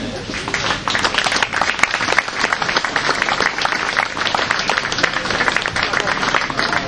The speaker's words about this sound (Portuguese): E o Diogo, que não está, está na Finlândia, não pode estar presente, mas para ele também peço uma salva de palmas.